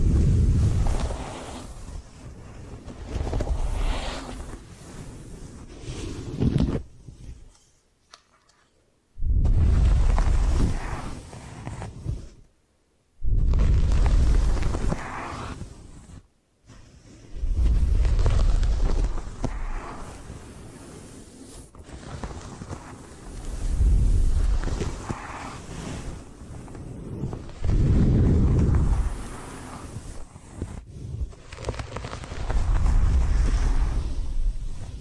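Hair washing and brushing produce rough, rushing swells of low rubbing noise in uneven bursts, broken by brief silences near 8, 13 and 16 seconds.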